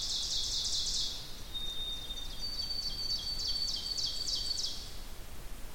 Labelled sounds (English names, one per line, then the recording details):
Ovenbird song
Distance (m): 70 m
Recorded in boreal forest in Alberta, Canada, on 2 June 2016 at 06:25
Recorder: SongMeter 3, array SBT-3-7
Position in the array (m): 241 m, 140 m
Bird 8